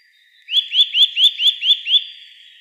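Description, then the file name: Eurasian nuthatch giving seven upslurred whistled notes in a rapid, even series, each note rising sharply, with only a quiet background hiss. "Sitta europaea"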